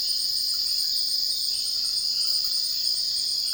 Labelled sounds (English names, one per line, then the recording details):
none
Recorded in dense forest near Puerto Asís, Putumayo, Colombia, on 18 February 2024 at 04:00
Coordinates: 0.481, -76.318
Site G6421